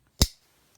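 Pressing the button lock on a Hogue X5 assisted flipper pocketknife pushes the plunger out of the blade with a slight stickiness, known as lock stick. A single sharp click sounds at 0.2 s and fades quickly, with only a faint tick near 0.8 s after it. The button lock releases from the blade.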